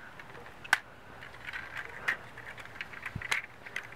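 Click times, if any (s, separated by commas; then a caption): none. Plastic panel tabs on a Hasbro Transformers Combiner Wars Motormaster transforming toy truck are pushed repeatedly toward their slots, giving a sharp plastic tap near 0.7 s and softer taps and rattles around 2.1, 2.8, 3.3 and 3.8 s over a faint hiss. The panels fail to lock in; nothing has seated or clicked yet.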